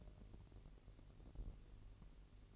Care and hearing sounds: daily activity, microphone in the room; take from stove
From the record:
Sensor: 4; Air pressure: 1002.8 hPa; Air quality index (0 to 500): 237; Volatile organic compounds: 10 ppm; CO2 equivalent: 2223 ppm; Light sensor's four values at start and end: 7/15/6/6 and 7/15/6/6

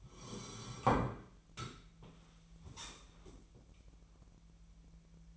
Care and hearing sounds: daily activity, microphone in the room; sit down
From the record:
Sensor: 1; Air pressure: 1001.7 hPa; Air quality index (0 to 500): 247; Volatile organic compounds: 118 ppm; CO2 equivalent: 3866 ppm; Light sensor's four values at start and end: 12/29/12/13 and 12/29/12/13

